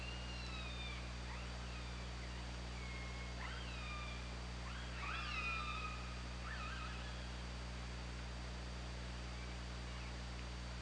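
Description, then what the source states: Orca calls crowding the first seven seconds, several overlapping upswept and wavering harmonic calls, then quieter hiss and steady low hum to the end. Recorded on an OrcaLab hydrophone, 24 August 2017, 22:54.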